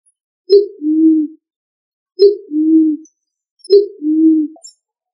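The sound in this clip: Pigeon cooing: three low, two-part coos, a short accented note sliding into a longer soft hum, repeated about every one and a half seconds in silence.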